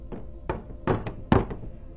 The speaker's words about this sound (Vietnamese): Tiếng gõ cửa lớn hơn như đang thúc giục.